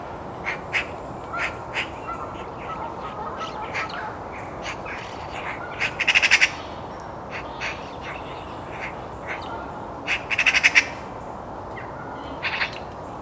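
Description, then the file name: Eurasian magpie chattering in two short rapid rattles near six and ten seconds, among scattered short harsh notes and clicks. "Pica pica"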